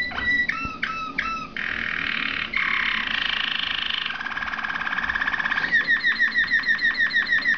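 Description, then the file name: Waterslager canary song: quick looping whistled notes, then rolling water-like trills and a fast run of repeated falling chirps. "malinois waterslager omkicau"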